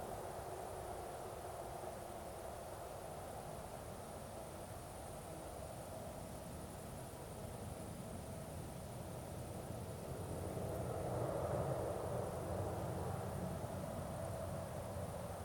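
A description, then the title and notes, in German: A meadow in the evening with a light wind and a distant road: a steady low rumble of traffic fills the whole clip, swelling slightly from around 11 to 13 seconds as a vehicle passes. A faint, thin high chirping hangs continuously above it. Wiese am Abend, leichter Wind, Straße in der Ferne. Höre die Grillen zirpen und in der Ferne die Geräusche einer Straße.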